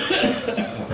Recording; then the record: coughing mixed with background sound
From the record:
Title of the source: Spring Cold Coughing.